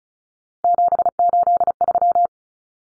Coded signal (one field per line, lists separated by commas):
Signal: Morse code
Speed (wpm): 34 wpm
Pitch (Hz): 700 Hz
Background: none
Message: 783